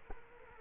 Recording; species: mosquito wingbeat signal from an infrared sensor; Culex quinquefasciatus